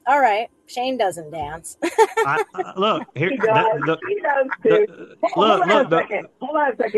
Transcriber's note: laughs